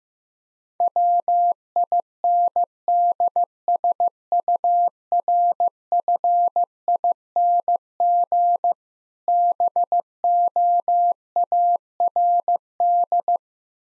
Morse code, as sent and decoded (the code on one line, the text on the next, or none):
.-- .. -. -.. ... ..- .-. ..-. .. -. --. / -... --- .- .-. -..
WINDSURFING BOARD